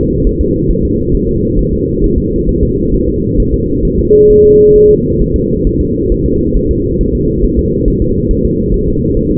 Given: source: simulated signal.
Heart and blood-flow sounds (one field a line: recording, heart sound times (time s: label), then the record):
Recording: fetal heart sounds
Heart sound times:
0.27 s: S1
0.41 s: S2
0.71 s: S1
0.85 s: S2
1.15 s: S1
1.29 s: S2
1.59 s: S1
1.73 s: S2
2.04 s: S1
2.18 s: S2
2.49 s: S1
2.63 s: S2
2.94 s: S1
3.09 s: S2
3.40 s: S1
3.54 s: S2
3.85 s: S1
3.99 s: S2
4.31 s: S1
4.45 s: S2
4.76 s: S1
4.90 s: S2
5.22 s: S1
5.36 s: S2
5.67 s: S1
5.81 s: S2
6.12 s: S1
6.26 s: S2
6.57 s: S1
6.71 s: S2
7.01 s: S1
7.15 s: S2
7.45 s: S1
7.59 s: S2
7.88 s: S1
8.02 s: S2
8.31 s: S1
8.45 s: S2
8.74 s: S1
8.88 s: S2
9.17 s: S1
9.31 s: S2
From the record:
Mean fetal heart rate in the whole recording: 135 bpm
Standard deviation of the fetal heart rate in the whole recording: 3 bpm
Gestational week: 36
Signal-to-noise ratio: -10.2 dB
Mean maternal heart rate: 72 bpm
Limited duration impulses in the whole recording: present